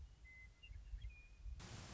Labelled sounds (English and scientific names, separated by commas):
Western Meadowlark (Sturnella neglecta)